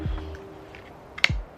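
A magnetic bookmark is slipped over two to three pages of a sketchbook, and its magnet snaps onto the magnet on the other side with one sharp, bright click at 1.2 s, just after a faint tick. Soft low thumps and light rustles come before and after. The bookmark clicks closed and holds, with magnets strong enough to keep it from coming apart and falling out.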